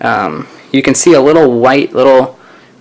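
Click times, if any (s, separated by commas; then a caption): none. Someone talks while rotating the stem of a Littmann Cardiology III stethoscope chestpiece from the bell side back toward the diaphragm side, with a small white marker showing. Nothing has snapped into place yet; the snap into diaphragm position, which signals the diaphragm is active, has not happened by the end of the clip.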